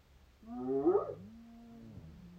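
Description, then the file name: Hyena call: a short, rich harmonic cry rising and falling, followed by a long, steady lower tone that drops off near the end. "Hyenes"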